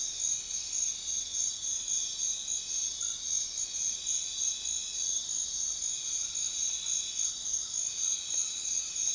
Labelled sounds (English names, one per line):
none